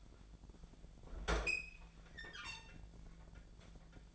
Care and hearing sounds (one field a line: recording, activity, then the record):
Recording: daily activity, microphone in the room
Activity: open fridge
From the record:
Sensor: 5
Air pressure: 1009.8 hPa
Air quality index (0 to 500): 161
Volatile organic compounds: 4 ppm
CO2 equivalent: 1562 ppm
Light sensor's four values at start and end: 123/314/131/140 and 125/317/133/141